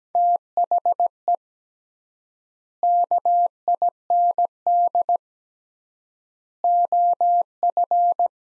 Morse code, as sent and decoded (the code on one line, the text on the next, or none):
- .... . / -.- .. -. -.. / --- ..-.
THE KIND OF